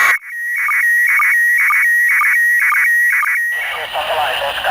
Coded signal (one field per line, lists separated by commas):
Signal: SSTV (slow-scan television)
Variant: PD 120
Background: speech